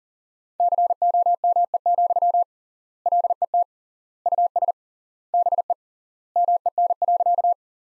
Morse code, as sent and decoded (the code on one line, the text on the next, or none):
-.-. --- -- . --..-- / .-.. . - / ..- ... / -... . / -- . -. .-.-.-
COME, LET US BE MEN.